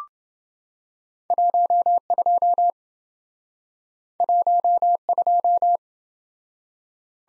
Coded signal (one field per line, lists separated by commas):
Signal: Morse code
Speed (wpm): 27 wpm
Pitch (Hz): 700 Hz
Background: none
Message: 12 12